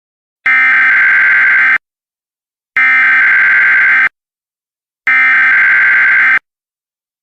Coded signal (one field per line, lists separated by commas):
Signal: Emergency Alert System (SAME) tones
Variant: header bursts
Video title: Dish Network EAS Test